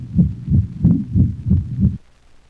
Decrescendo murmur of aortic stenosis is often confused with the murmur of pulmonic stenosis. Murmur is heard over the aortic valve region and radiates to the cervical vessels and the cranial right thorax. The murmur may not interfere with the audible components of the first and second heart sounds.